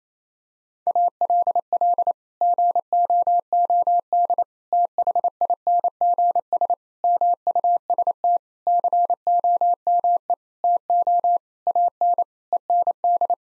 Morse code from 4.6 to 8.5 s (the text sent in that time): THINGS MUST